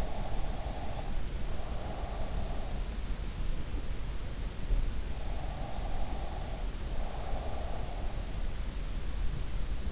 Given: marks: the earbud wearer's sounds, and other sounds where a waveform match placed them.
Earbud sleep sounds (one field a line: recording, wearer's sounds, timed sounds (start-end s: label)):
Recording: sounds in sleep by an in-ear microphone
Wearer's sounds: breath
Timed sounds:
0.00-2.06 s: breath
5.49-7.68 s: breath